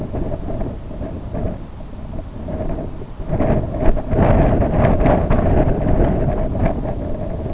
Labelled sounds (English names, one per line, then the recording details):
none
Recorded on Arctic tundra, site IGLO-B, on 24 June 2018
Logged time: 01:59